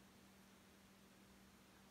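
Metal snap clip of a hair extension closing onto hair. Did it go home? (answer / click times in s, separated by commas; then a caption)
no / none. A clip-in hair extension's metal snap clip is handled near the root of the wearer's hair, about to be pressed closed. Only steady broadband hiss with a faint low hum is heard, and no click stands out. Nothing has seated or clicked yet.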